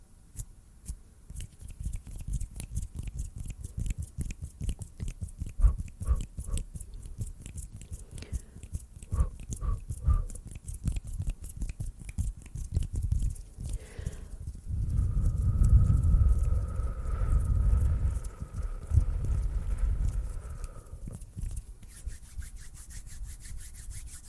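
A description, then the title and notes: Hand sounds and snapping: dense, uneven rubbing and crackling taps fill the opening stretch, with a few quick bright snaps around five and ten seconds. From about fifteen to twenty-one seconds a heavier, low rumbling rub swells under a steady faint tone, then quieter scratching returns. ASMR HAND SOUNDS AND SNAPPING, FAST, SLOW AND UNPREDICTABLE TRIGGERS.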